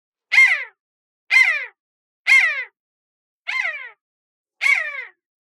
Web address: buzzard jackal squawk